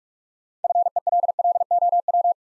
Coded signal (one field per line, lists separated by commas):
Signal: Morse code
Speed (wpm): 44 wpm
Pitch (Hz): 700 Hz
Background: none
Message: FELLOW